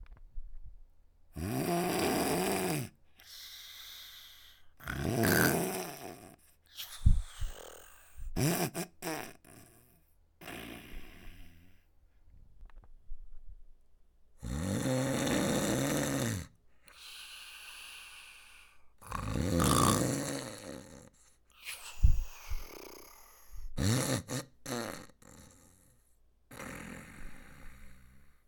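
Deep, buzzing, low-pitched snores come on the in-breaths every few seconds, each lasting one to two seconds, separated by softer breathy and snorting out-breaths. This is ordinary snoring from vibration in the upper airway during sleep in an adult.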